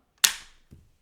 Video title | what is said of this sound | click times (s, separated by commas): Kalibrgun Argus .22 60W (Review) + Setup !! + Accuracy Test !! - Regulated PCP Airgun - Air Rifle | just pops right in so | 0.2 s